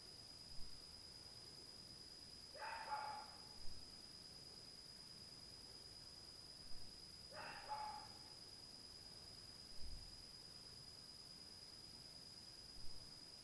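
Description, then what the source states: Dog barking faintly, a few short harsh barks over a low steady background hiss and a constant high-pitched tone. At night, 2022.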